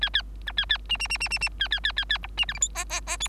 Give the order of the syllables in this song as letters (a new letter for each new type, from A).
A A B A A C C C C C C A A A A A D C E F G H H H I